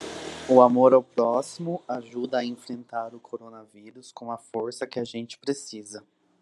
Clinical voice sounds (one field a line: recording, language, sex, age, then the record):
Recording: spoken sentence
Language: Brazilian Portuguese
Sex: male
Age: 20 to 29 years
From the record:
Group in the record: control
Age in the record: 24 years